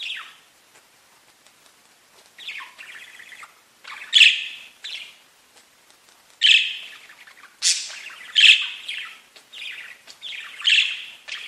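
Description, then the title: Budgerigar vocalizing with quiet scratchy chatter, then louder raspy squawks and chirps every couple of seconds toward the end. "Budgie Sounds"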